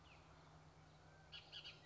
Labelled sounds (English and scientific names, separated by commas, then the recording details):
Bullock's Oriole (Icterus bullockii)
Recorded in Sonoma County, California